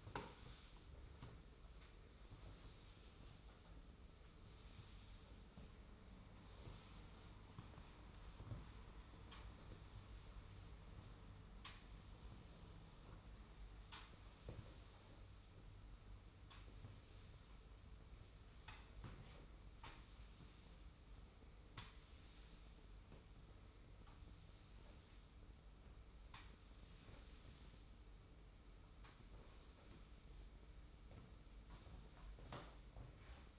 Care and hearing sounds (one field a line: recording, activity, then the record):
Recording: daily activity, microphone in the room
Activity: sweep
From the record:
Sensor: 1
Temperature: 25.3 degrees Celsius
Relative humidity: 41.5%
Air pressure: 991.4 hPa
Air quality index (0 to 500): 127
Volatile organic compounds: 318 ppm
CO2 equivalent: 4520 ppm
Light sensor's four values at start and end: 40/124/49/51 and 42/128/51/53